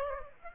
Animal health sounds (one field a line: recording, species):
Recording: mosquito wingbeat signal from an infrared sensor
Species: Aedes aegypti